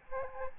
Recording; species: mosquito wingbeat signal from an infrared sensor; Aedes albopictus